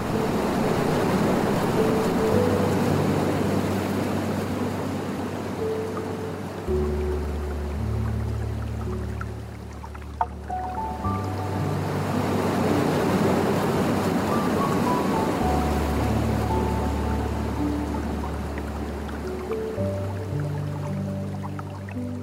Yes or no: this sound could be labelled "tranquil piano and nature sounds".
yes